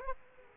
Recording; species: mosquito wingbeat signal from an infrared sensor; Aedes aegypti